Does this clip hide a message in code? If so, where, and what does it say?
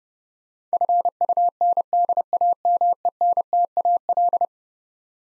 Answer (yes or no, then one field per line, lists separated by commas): yes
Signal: Morse code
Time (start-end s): 0.7-4.5 s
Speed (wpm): 30 wpm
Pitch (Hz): 700 Hz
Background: none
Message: FUNDAMENTAL